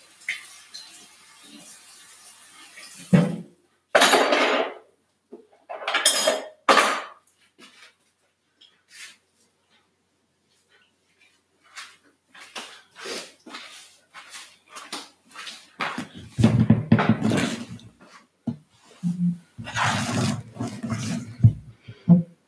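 Someone eats cereal, a spoon clinking against the bowl in sharp bright strikes during the first seven seconds, followed by near silence. From about twelve seconds, dense crunchy chewing bursts come in quick irregular clusters, with low thuddy chomps growing heavier toward the end.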